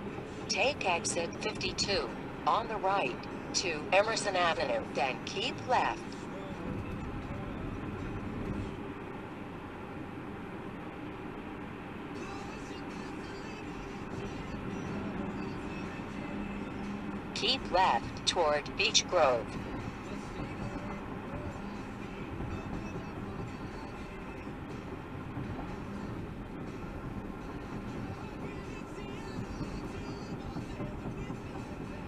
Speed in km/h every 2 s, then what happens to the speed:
93, 93, 95, 95, 97, 95, 95, 93, 92, 92, 89, 87, 87, 84, 82, 76.
0-18 steady at about 93. 18-32 slows to 76.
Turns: none.